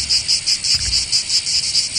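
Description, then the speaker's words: Cicada song: a continuous high, shrill buzz pulsing rapidly, about five beats a second, with no pause. Heard mostly by the seaside and mainly in the south of France. "Bah oui, c'est les cigales. Bah oui, c'est les cigales, bien sûr."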